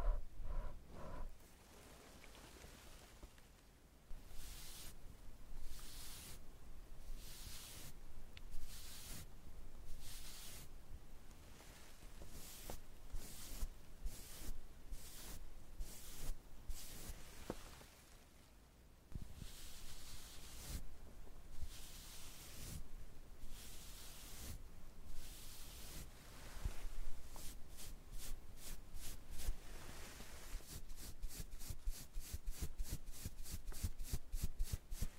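Makeup being done, with tweezers and a curling iron: a string of short, sharp hissing clicks and snaps over a faint rustling bed. The bursts come every second or so at first, with a brief lull near 18 seconds, then turn into a fast, even clicking run in the last eight seconds.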